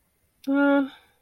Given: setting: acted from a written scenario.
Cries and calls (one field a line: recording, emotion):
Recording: vocal sound without words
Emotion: guilt